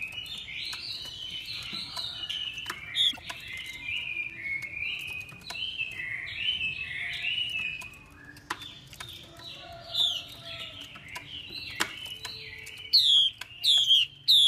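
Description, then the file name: Chinese hwamei song: a long, fluid run of warbled, slurred whistles, with a few sharp high downslurred notes near the end over a soft low background hum. Female hwamei calls used to stimulate a male. "Tieng chim hoa mi mai kich trong"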